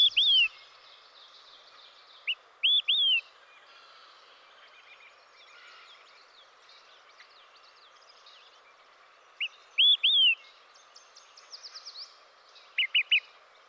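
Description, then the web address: Olive-sided flycatcher giving scattered whistled notes, several slurred downward phrases and short clipped pips in small bursts, over steady background hiss. "Dan Gibson's Solitudes Nature Trails. Olive-Sided Flycatcher"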